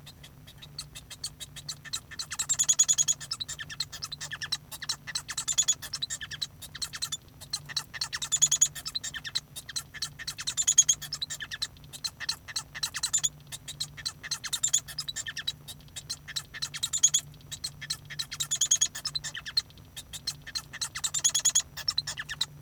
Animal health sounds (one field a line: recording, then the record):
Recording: song of a male Bengalese finch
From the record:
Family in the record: son of father 1